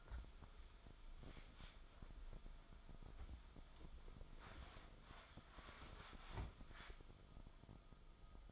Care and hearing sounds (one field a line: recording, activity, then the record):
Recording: daily activity, microphone in the room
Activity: wipe stove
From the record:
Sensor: 5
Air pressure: 1004.9 hPa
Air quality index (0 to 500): 101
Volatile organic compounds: 2 ppm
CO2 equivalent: 1230 ppm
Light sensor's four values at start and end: 33/75/31/31 and 33/75/31/31